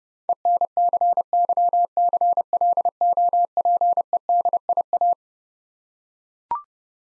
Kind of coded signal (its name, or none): Morse code